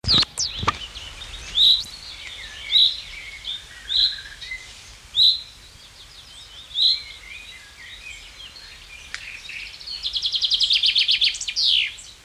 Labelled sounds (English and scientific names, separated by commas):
Common Chaffinch (Fringilla coelebs)